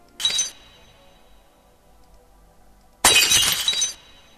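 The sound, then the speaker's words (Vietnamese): A car windshield, pounded with a high-heeled shoe by a woman at night, shatters in two loud, bright crashes: a short burst, a lull with faint rumble, then a longer, harsher smash with tinkling fragments that fades out. “Nhưng kèm sau đó, một tiếng xoảng điếc tai vang lên. Cuối cùng thì tấm kính chắn gió đã bị vỡ vụn.”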